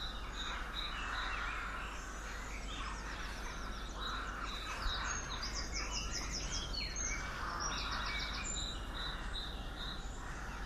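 A garden dawn chorus, with many birds singing at once in a dense, overlapping tangle of bright chirps, trills and rapid repeated notes. The chorus stays steady throughout, with some sharper calls standing out over a constant low outdoor hum.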